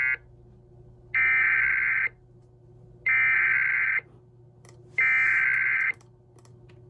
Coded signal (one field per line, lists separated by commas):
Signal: Emergency Alert System (SAME) tones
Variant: header bursts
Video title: EAS 1301: Georgia Amber Alert